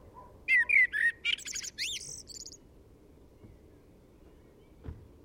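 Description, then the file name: Common blackbird singing one phrase, warbled fluty notes followed by shrill scratchy high notes, then a quiet stretch with a soft knock near the end. "Turdus merula"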